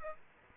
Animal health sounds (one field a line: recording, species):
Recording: mosquito wingbeat signal from an infrared sensor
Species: Aedes aegypti